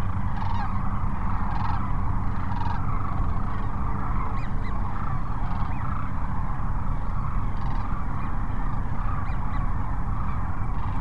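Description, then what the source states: Sandhill cranes in a calling flock, continuous trilling, rattled calls merging into one noisy chorus over a low rumble. Sandhill cranes at Cochise Lakes on 30 January 2019.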